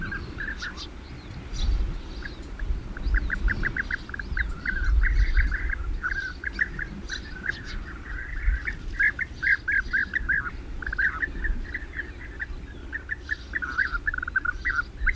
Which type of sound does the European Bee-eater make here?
call